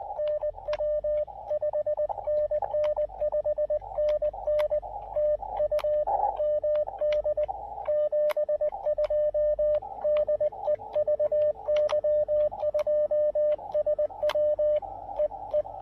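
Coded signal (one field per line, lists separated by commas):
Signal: Morse code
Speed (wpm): 19 wpm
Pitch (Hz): 600 Hz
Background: radio noise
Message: NW 5NN 5NN TU MD 72 DE VY2SW EE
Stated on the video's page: Morse from a park activation in Québec on 20, 30, 17 and 15 metres with an Elecraft KX2 and Tufteln end-fed random wire antenna.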